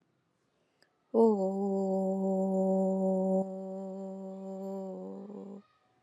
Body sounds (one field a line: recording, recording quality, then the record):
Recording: sustained vowel as in boot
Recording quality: excellent, no background noise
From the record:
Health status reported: COVID-19 positive, moderate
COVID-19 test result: positive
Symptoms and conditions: cough, cold, fever, fatigue, muscle pain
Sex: female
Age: 49 years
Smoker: not ticked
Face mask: not worn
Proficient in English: yes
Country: India